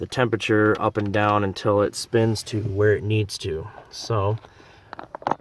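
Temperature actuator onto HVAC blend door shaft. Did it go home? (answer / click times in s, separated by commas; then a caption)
yes / 5.3 s. An HVAC temperature actuator on a 2004–2008 Pontiac Grand Prix is held against the blend door shaft while its motor spins. Someone talks over the work, and brief ticks come near the end. The actuator grabs the shaft and locks back into place with clicks at 5.3 s and 5.3 s.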